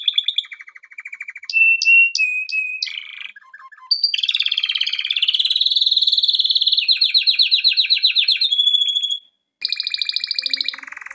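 Canary song: trills, clipped whistled notes, a low chatter, then a long rapid roll shifting into pulsed notes, a short pause, and more trilling.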